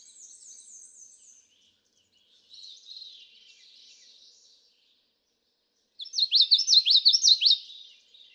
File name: Common Yellowthroat